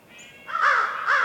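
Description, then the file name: Crow uttering two quick, hoarse caws in succession after a faint high chirp from another bird. Winter forest on a morning in the North Laurentian Woods, Canada; crow calls echoing, with various other birds chirping. "WINTER Forest morning crow calls echoing and various birds chirps, North Laurentian Woods, Canada"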